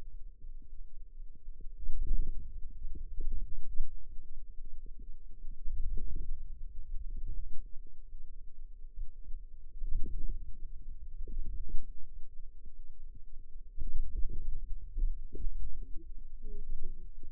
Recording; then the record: forearm muscle sounds (acoustic myography)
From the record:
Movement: ulnar deviation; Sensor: system 2, bracelet of six BSWA MPA416 microphones around the upper forearm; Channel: 2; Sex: female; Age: 21 years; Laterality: right